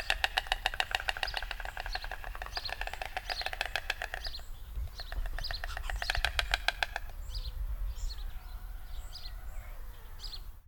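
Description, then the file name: White stork bill clattering: rapid dry wooden rattles in two bursts, the first about four seconds long and a shorter one later, over a low rumble. "Bocian"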